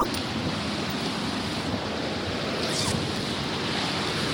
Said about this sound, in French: Donc là, on est sur le torrent qui alimente le voile de la mariée du Gioberné. Et c'est un torrent que l'on va traverser trois fois, je crois.